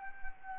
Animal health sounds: mosquito wingbeat signal from an infrared sensor; Anopheles arabiensis

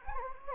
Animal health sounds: mosquito wingbeat signal from an infrared sensor; Anopheles gambiae

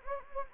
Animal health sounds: mosquito wingbeat signal from an infrared sensor; Anopheles gambiae

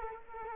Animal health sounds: mosquito wingbeat signal from an infrared sensor; Culex quinquefasciatus

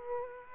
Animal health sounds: mosquito wingbeat signal from an infrared sensor; Aedes aegypti

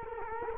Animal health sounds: mosquito wingbeat signal from an infrared sensor; Culex quinquefasciatus

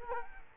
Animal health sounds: mosquito wingbeat signal from an infrared sensor; Culex quinquefasciatus

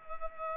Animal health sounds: mosquito wingbeat signal from an infrared sensor; Culex pipiens

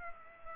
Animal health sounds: mosquito wingbeat signal from an infrared sensor; Culex pipiens

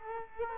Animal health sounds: mosquito wingbeat signal from an infrared sensor; Culex quinquefasciatus

